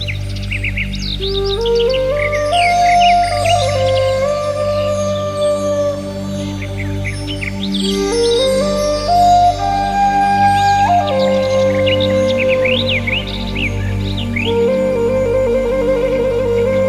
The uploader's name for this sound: Chakra Meditation Music and Relaxing Nature Sounds